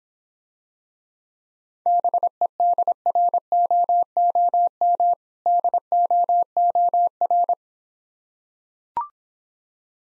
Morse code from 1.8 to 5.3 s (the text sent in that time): BEDROOM